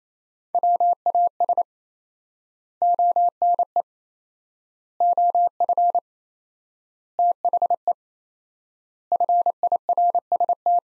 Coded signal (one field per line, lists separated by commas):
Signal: Morse code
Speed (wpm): 27 wpm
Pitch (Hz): 700 Hz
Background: none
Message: WAS ONE OF THE FIRST